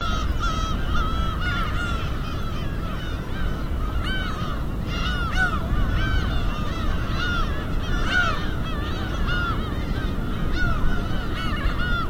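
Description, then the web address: Gulls calling repeatedly, many overlapping mewing and squealing cries over a constant loud roar of waves throughout. Recorded in Hachinohe, Japan, with waves. "Foundation 1 AMBIENCE HACHINOHE SEAGULLS WAVES"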